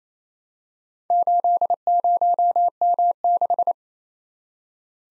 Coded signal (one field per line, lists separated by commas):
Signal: Morse code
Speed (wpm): 28 wpm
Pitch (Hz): 700 Hz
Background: none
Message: 80M6